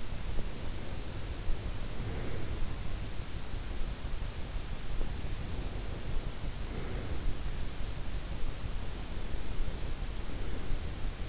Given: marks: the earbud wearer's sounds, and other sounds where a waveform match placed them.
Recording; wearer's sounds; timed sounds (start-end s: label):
sounds in sleep by an in-ear microphone; breath
0.00-2.61 s: breath
4.94-7.32 s: breath
9.11-11.29 s: breath